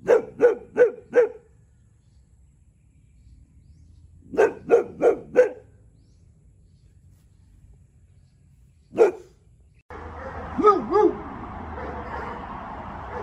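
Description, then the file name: Boxer dog barking in short runs of four quick barks, then a single bark, followed by a steady background hum with two fainter barks. "boxer Dog"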